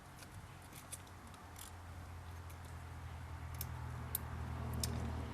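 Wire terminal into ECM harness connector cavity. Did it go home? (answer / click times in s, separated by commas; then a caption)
yes / 4.2 s. A wired terminal is pushed into cavity D16 of the ECM wiring connector in a Pontiac Fiero undergoing a 1227730 conversion. Faint scraping and small ticks sit over a steady low hum, and the terminal clicks in and locks at 4.2 s, seating it.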